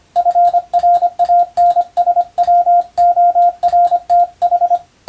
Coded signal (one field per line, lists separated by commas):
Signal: Morse code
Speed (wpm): 25 wpm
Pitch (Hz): 700 Hz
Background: radio noise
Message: FRANSWORTH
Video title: 無線従事者国家試験総合無線通信士電気通信術のトレーニングにＣＷを打ってみました。アマチュア無線ハムの受信練習にもどうぞ(morse code practice for radio operator )